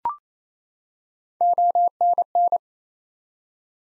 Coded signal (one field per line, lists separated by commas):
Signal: Morse code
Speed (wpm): 27 wpm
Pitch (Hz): 700 Hz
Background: none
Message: ONN